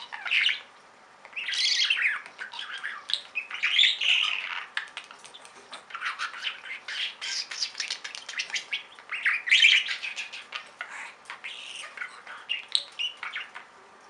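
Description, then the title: Budgerigar chatter, a continuous run of warbled, scratchy chirps and clicks in bursts with brief pauses, busy and high-pitched throughout. "Budgie Sounds"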